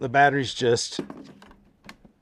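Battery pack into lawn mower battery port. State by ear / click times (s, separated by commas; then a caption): seated / 1.9 s. Someone talks as a cordless tool battery pack is pushed into the battery port under the lifted cover of a Litheli U20 18-inch brushless lawn mower. At 1.9 s a sharp click sounds as the spring-loaded catch holds the battery, and it is seated.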